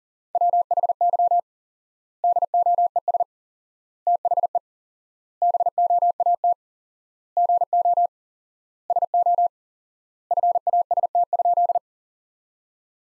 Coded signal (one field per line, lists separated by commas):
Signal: Morse code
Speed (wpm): 40 wpm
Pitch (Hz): 700 Hz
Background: none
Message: WHY DOES THE BOAT GO SO FAST?